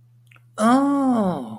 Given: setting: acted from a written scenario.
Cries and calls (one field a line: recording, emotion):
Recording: vocal sound without words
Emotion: realization